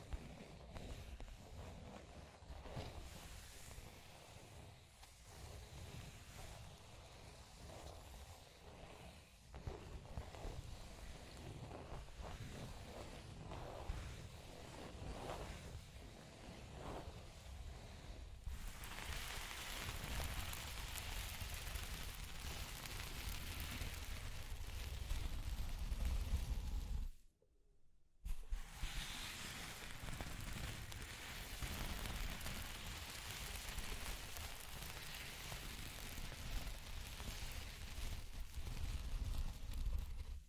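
Scratching and tracing sounds fill the recording, a rough, grainy rasp that is steady and dense, with brief strokes standing out in the first eighteen seconds. Past that point the scraping turns brighter and louder, breaks off in near silence around 27 seconds, then resumes.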